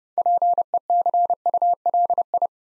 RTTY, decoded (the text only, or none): none